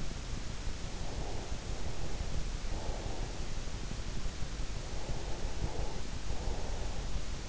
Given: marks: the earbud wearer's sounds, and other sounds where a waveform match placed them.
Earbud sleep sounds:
sounds in sleep by an in-ear microphone; breath
0.90-3.50 s: breath
4.70-7.07 s: breath

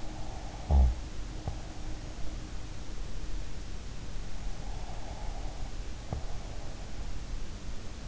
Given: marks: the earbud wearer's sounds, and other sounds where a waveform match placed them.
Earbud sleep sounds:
sounds in sleep by an in-ear microphone; snoring breath, breath
0.00-2.06 s: snoring breath
4.64-7.42 s: breath

